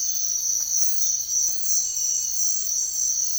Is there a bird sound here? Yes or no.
no